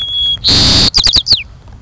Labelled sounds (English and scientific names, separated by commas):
White-crowned Sparrow (Zonotrichia leucophrys)